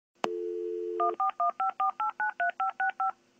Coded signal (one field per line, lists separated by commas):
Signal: DTMF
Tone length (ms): 120 ms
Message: 14154893565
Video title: dialup